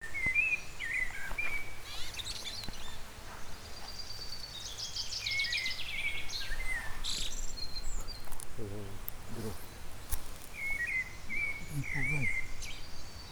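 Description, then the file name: Eurasian blackbird fluty warbled phrases, one near the start and another toward the end, with high twittering from other birds in between and a steady low hum throughout. "Turdus merula"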